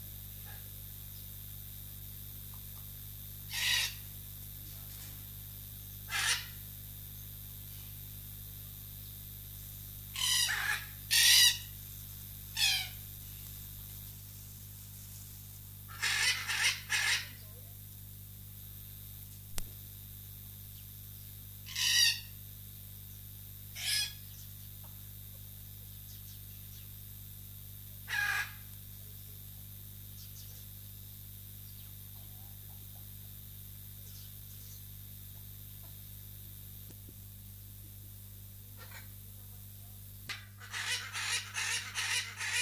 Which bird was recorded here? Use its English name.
Hyacinth Macaw